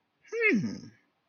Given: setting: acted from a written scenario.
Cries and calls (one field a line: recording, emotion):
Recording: vocal sound without words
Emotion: confusion